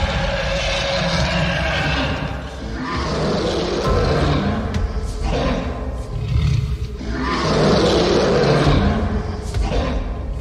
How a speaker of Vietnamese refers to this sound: Cửu lão tiên đồ ấn đang phiêu phù ở trên đầu của Bạch Tử Cống, vang lên một tiếng rồng gầm đến kinh thiên động địa.